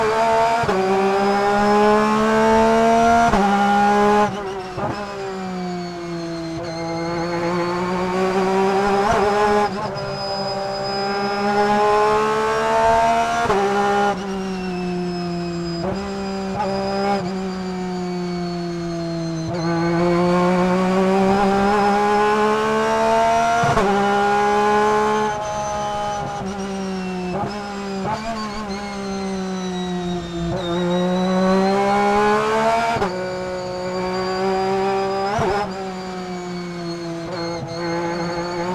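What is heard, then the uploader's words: Inside a race car, the engine roars loud, its pitch climbing through each gear and dropping sharply at every shift, roughly every four to five seconds. Brief lifts and downshifts near ten, fifteen and twenty-five seconds break the howl before it builds again. Porsche 911 RSR In-Car Audio, Charlotte 2020. 912 RSR and its 4.2-liter flat-six engine screaming between the oval's walls and throughout the winding infield section.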